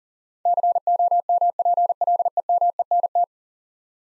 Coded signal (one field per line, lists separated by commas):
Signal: Morse code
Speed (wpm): 40 wpm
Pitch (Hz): 700 Hz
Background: none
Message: COMPLEMENT